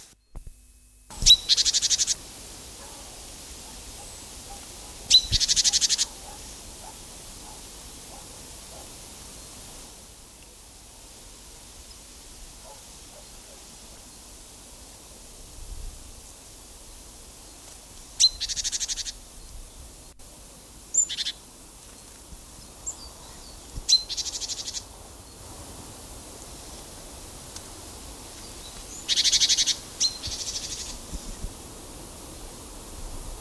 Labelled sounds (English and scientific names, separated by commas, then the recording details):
Great Tit (Parus major) call
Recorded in captivity
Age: adult
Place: Blankenfelde, Berlin, DE
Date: 2002-02-03 12:49
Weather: sunny, 14°C
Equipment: Sony WM-D6C, Sennheiser MKH 416, Kopie Uher 4000 Report Monitor
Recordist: Tembrock, Günter